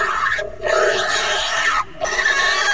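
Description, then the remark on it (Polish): A pig being slaughtered squeals in frantic distress: loud, shrill, harsh screams in three sustained bursts, each broken by a brief gasp-like pause, with no talking. “Ostrzegawcze, mocno przerażające dźwięki zarzynanej świni.”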